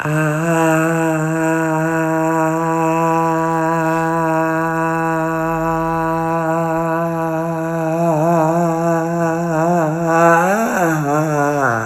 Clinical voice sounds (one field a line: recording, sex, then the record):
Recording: sustained vowel /a/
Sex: male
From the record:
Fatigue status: fatigue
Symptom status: symptomatic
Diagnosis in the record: COVID-19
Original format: m4a